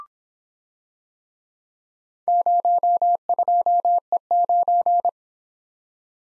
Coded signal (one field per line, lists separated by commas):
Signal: Morse code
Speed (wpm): 26 wpm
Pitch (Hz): 700 Hz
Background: none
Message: 02E9